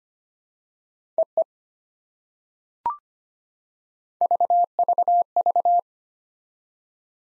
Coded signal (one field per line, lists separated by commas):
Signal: Morse code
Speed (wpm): 25 wpm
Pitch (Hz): 700 Hz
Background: none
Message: EE VVV